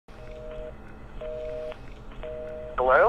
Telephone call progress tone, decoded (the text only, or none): busy tone